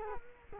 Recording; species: mosquito wingbeat signal from an infrared sensor; Culex quinquefasciatus